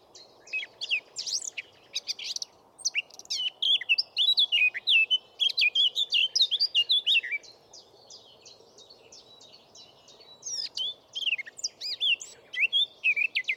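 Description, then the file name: Eurasian blackcap warbling, with one quieter break of about two seconds, mixing scratchy twitters with fluty whistled notes, over soft constant background noise. "Sylvia atricapilla"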